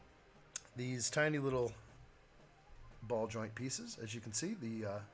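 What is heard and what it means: A tiny plastic ball-joint LEGO piece is pressed into its socket on a LEGO UCS Luke Skywalker's Landspeeder (75341) model. It gives a single sharp click at 0.6 s, and the ball joint seats. Someone talks before and after the click.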